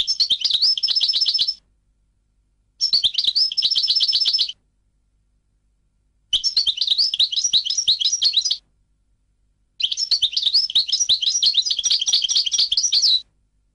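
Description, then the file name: European goldfinch song: four twittering, jangling phrases of a few seconds each, separated by short silences, mixing liquid notes with quick trills. "audio burung goldfinch"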